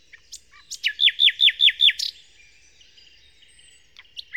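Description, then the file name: Common nightingale song: a few introductory chips, then several loud, rich, down-slurred repeated notes, a short flourish, and faint quiet notes afterward. Nightingale song in Kent, 2008. "nightingale-song-recorded-in-kent-2008-by-phil-riddett"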